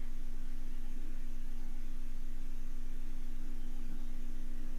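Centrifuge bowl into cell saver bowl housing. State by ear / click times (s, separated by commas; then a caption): not seated / none. The disposable centrifuge bowl of an AUTOLOG cell saver is handled at its bowl housing, to be aligned, pushed all the way in and turned slightly clockwise until it locks. A steady hum with tonal bands around 200–300 Hz runs over faint broadband noise, with no distinct sudden sounds. Nothing has seated or clicked yet.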